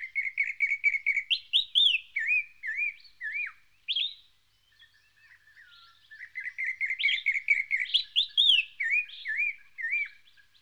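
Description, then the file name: White-browed robin-chat singing rapid repeated whistled notes in two bursts, separated by a quiet pause. "Cossyphe d Heuglin Cossypha heuglini White-Browed robin-chat Weissbrauenrotel"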